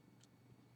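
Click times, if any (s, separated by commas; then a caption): none. A small coiled metal jump ring is turned through the loops of both earrings, with only faint handling and a brief soft high tick around 0.2 s over a steady low hum. The ring has not clicked into place yet; nothing has seated.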